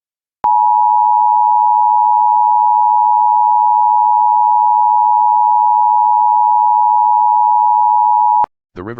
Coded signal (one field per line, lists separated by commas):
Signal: Emergency Alert System (SAME) tones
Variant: 853 and 960 Hz attention tone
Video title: EAS Child Abduction Emergency (Dangerous AMBER Alert!) Riverview, Missouri Statewide Alert